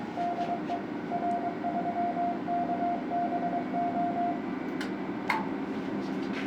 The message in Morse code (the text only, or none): DE R3KBO